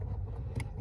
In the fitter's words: just snaps back in place